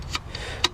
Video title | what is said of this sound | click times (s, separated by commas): Fixing Common Issues with my Sierra Denali for under $50!!!!! Vlog #293 | so it basically goes this way and you can just slide it in to lock | 0.6 s